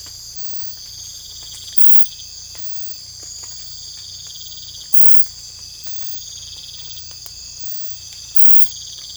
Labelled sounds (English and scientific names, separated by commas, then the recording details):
none
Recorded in secondary vegetation near Puerto Asís, Putumayo, Colombia, on 18 December 2024 at 03:00
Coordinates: 0.499, -76.323
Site G010